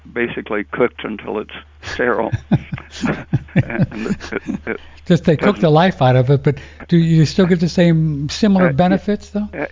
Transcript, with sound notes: basically cooked until it's sterile. (both laughing)
Just they cook the life out of it, but do you still get the same, similar benefits, though?